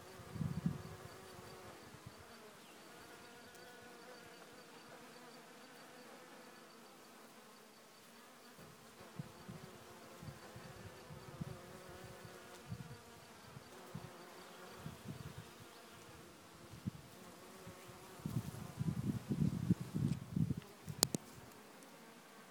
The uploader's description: A bunch of Bees recorded in Bergerac in the South of France.